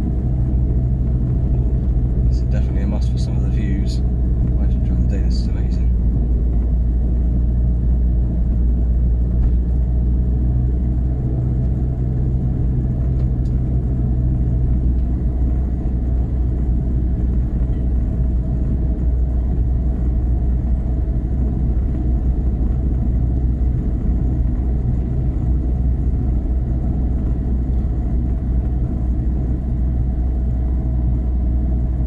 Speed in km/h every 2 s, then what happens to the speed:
26, 26, 24, 24, 24, 26, 26, 26, 26, 24, 26, 26, 26, 26, 26, 26.
0-32 steady at about 26.